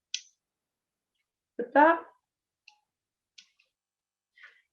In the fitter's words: and my next step is going to be to uncap each of the vials and i'll heal a little snap